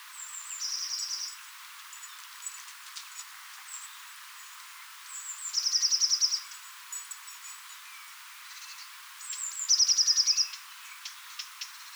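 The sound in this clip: Eurasian blue tit giving high, thin introductory notes that drop into a rapid silvery trill, three phrases spaced several seconds apart, with faint ticks and other bird notes.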